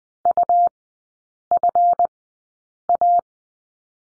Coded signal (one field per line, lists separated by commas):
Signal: Morse code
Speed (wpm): 20 wpm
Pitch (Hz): 700 Hz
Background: none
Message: UFA